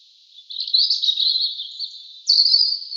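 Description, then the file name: European robin song: a quick, varied high warble rising from quiet, then a bright new phrase starting toward the end. "Erithacus rubecula"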